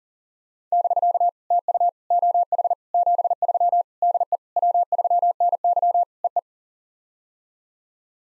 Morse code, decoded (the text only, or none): <BK> TU OH 73 DE W3NY EE